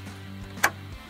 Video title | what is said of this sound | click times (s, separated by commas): ScienceofSpeed Extended Length Rear Hatch Struts - NSX, 2017 on | it snaps right into place and then we'll attach the top one just like that | 0.6 s